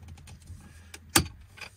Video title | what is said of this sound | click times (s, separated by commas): Phone Mount for Car, Car Phone Holder with Strong Suction Cup#shortsvideo | take that one and slide it over the ball now you're going to push this on until you hear a click | 1.2 s